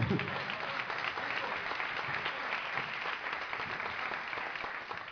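A sustained burst of audience applause, dense and steady clapping from many hands holding at an even loudness for several seconds before easing slightly at the end.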